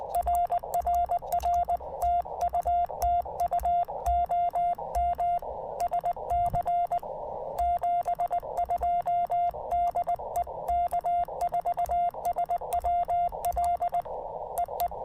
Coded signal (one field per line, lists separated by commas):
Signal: Morse code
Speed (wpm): 20 wpm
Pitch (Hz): 690 Hz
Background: none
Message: RRR TU TU OM SC 72 DE K4SWL EE